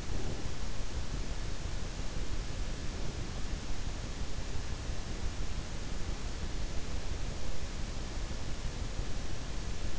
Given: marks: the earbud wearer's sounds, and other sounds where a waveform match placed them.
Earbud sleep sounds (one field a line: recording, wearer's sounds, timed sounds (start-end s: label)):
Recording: sounds in sleep by an in-ear microphone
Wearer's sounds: breath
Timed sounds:
0.00-0.71 s: breath